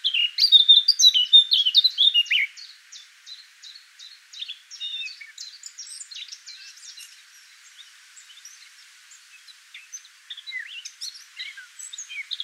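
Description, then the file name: Eurasian blackcap song opens with a loud, rich warble for about two seconds, followed by quieter rapid ticking and twittering notes that fade and briefly pick up again. "Sylvia atricapilla"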